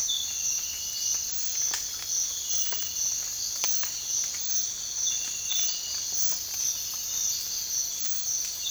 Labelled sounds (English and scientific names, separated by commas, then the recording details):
none
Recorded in dense forest near Puerto Asís, Putumayo, Colombia, on 12 March 2025 at 06:00
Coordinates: 0.484, -76.317
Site G064